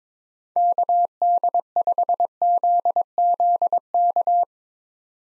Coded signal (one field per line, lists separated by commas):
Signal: Morse code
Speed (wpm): 22 wpm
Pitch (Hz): 700 Hz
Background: none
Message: KD5ZZK